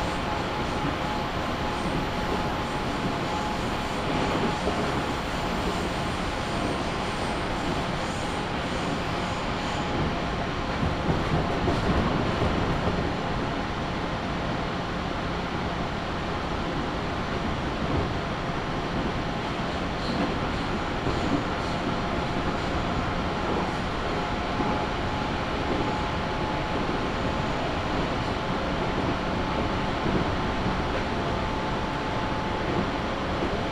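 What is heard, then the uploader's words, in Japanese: A local train on the Chūō West Line, Nakatsugawa to Jūnikane, rolls on with a steady, dense rumble heavy in the low end. A faint thin whine holds underneath, and the noise swells slightly around ten to thirteen seconds before settling back. 中央西線 普通 中津川→十二兼。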